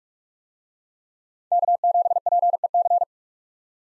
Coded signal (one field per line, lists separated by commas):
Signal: Morse code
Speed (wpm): 45 wpm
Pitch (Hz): 700 Hz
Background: none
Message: K7PEC